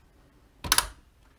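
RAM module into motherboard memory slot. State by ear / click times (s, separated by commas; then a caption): seated / 0.7 s, 0.8 s. A RAM memory stick is pressed into a motherboard DIMM slot with force on both corners. A soft push onset at about 0.6 s is followed by two sharp clicks at 0.7 s and 0.8 s as the slot's retention clips snap shut. The click shows the RAM is seated.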